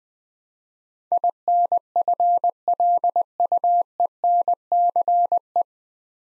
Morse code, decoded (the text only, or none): INFLUENCE